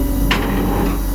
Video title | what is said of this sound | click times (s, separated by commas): 2020 FORD F650 - POWER DOVE TAIL HAULER | you fold the dovetail back when it comes up you're gonna hear it lock into place | 0.3 s